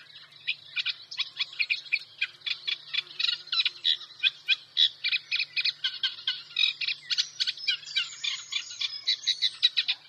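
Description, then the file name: Eurasian reed warbler song: a steady, chattering stream of harsh, rhythmic notes at an even pace throughout. "Rorsangare"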